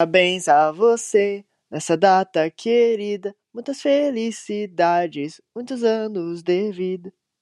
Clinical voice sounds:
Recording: short text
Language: Brazilian Portuguese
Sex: male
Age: 20 to 29 years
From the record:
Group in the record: control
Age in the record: 21 years

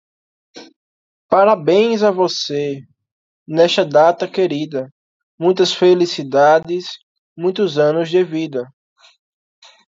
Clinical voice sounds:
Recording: short text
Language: Brazilian Portuguese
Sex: male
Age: 20 to 29 years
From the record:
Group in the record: control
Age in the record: 28 years

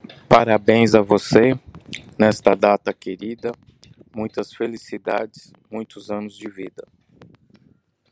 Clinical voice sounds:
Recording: short text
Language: Brazilian Portuguese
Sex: male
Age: 40 to 49 years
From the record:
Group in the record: control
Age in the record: 48 years

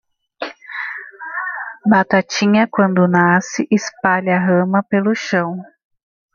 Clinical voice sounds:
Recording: short text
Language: Brazilian Portuguese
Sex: female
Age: 40 to 49 years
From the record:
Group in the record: control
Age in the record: 42 years

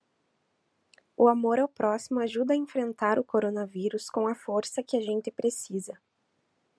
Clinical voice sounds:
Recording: spoken sentence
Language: Brazilian Portuguese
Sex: female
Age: 20 to 29 years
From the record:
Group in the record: control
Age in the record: 24 years

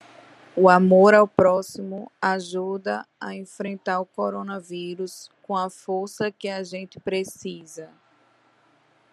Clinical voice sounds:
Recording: spoken sentence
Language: Brazilian Portuguese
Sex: female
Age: 30 to 39 years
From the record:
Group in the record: control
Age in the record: 38 years

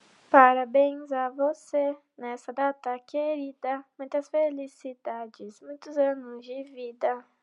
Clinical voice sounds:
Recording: short text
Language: Brazilian Portuguese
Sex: female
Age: 20 to 29 years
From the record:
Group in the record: control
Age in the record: 20 years

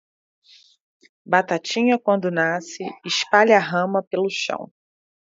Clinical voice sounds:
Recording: short text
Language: Brazilian Portuguese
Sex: female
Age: 30 to 39 years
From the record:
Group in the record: control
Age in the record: 39 years

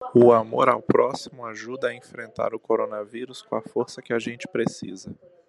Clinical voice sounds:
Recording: spoken sentence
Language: Brazilian Portuguese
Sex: male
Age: 30 to 39 years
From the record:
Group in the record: control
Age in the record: 38 years

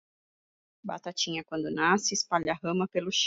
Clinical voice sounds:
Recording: short text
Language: Brazilian Portuguese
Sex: female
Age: 40 to 49 years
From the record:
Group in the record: control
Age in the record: 45 years

